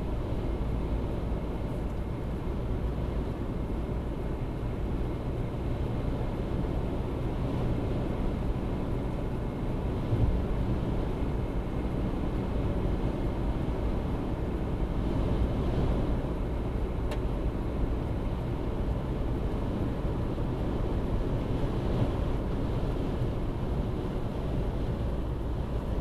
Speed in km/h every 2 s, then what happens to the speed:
77, 80, 82, 84, 84, 82, 82, 82, 82, 82, 81, 81, 79.
0-9 speeds up to 84. 9-26 steady at about 82.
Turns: none.